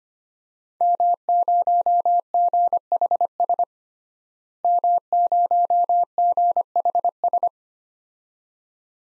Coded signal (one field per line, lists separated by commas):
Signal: Morse code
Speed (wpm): 25 wpm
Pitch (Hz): 700 Hz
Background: none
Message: M0GHS M0GHS